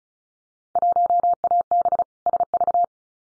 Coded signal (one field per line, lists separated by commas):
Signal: Morse code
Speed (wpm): 36 wpm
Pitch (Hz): 700 Hz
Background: none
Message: 1AB SV